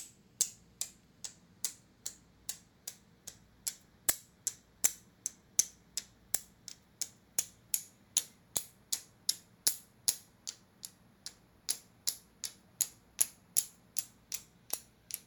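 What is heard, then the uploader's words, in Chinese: A fallen ceramic tile is tapped over and over, giving a long run of sharp, bright clicks spaced roughly evenly, about two or three per second. Each tick cuts off quickly, with some a little louder than others, over a faint low hum underneath. 錄製從前眷村裡頭物件的聲音。第一集的主角是一片磁磚。以一片掉落的磁磚，製造出的一連串聲音。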